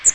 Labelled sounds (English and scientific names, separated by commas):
Magnolia Warbler (Setophaga magnolia) flight call